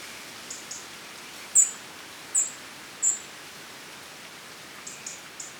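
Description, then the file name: European robin uttering three sharp, very high thin notes spaced under a second apart, framed by fainter high ticks and a steady background hiss. "Erithacus rubecula"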